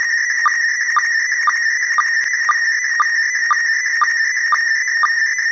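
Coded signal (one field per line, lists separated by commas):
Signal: SSTV (slow-scan television)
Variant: PD 120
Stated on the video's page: ISS SSTV event on 145.800 MHz in PD120 format, sent at relatively high power, received on a VHF delta loop antenna.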